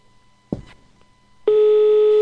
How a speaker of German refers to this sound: Wir hören ein Freizeichen.